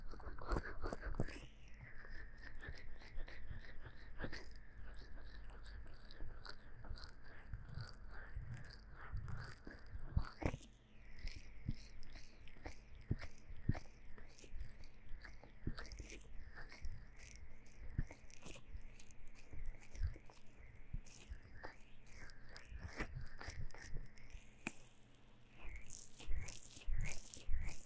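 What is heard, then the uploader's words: Sticky aloe gel is worked over the ears in wet, squelching bursts and tearing smacks that come thick and fast throughout, under a low steady hum. 用蘆薈凝膠按摩耳朵. Aloe based gel sticky Earmassage | 3Dio | NoTalking.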